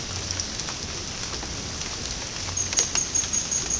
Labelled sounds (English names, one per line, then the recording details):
none
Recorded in dense forest near Puerto Asís, Putumayo, Colombia, on 18 February 2024 at 13:30
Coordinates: 0.503, -76.322
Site G6418